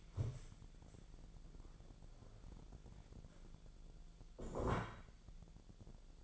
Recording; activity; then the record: daily activity, microphone in the room; stand up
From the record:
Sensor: 5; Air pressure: 1000.5 hPa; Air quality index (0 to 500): 148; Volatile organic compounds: 2 ppm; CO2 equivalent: 1146 ppm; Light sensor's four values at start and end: 47/111/46/49 and 47/110/46/48